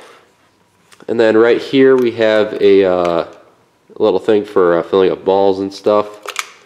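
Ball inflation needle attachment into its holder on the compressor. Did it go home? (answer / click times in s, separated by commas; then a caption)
yes / 6.4 s. Someone talks while a small plastic ball-inflation needle attachment is pushed into its holder on an AUDEW air compressor pump. It snaps into place with a sharp click at 6.4 s, and the attachment is seated.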